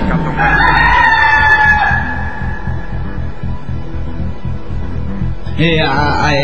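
A rooster lets out one loud, drawn-out crow lasting under two seconds, followed by a steady low rumble and a brief burst of hiss near the end.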